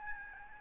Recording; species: mosquito wingbeat signal from an infrared sensor; Aedes albopictus